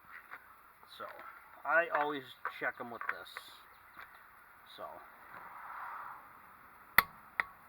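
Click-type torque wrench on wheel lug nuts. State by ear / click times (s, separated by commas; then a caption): torque reached / 7.0 s, 7.4 s. Someone talks, then a click-type torque wrench is used to check the lug nuts on a wheel. It gives sharp clicks at 7.0 s and 7.4 s as the set torque is reached, meaning the nuts are torqued properly.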